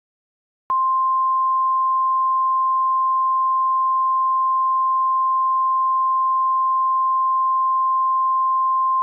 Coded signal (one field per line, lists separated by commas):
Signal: Emergency Alert System (SAME) tones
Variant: 1050 Hz attention tone